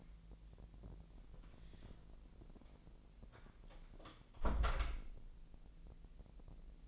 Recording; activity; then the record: daily activity, microphone in the room; close door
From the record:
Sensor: 5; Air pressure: 1001.5 hPa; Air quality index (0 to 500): 249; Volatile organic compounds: 34 ppm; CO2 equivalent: 3042 ppm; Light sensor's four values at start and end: 40/93/38/37 and 40/93/38/37